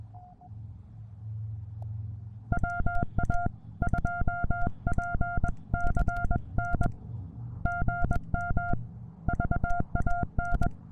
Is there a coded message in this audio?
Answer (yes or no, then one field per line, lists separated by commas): yes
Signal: Morse code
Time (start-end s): 2.5-10.7 s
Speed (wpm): 20 wpm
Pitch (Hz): 700 Hz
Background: none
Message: WA2PCN GM VAN